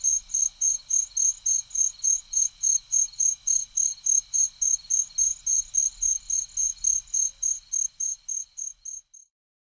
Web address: The Songs of Insects. Columbian Trig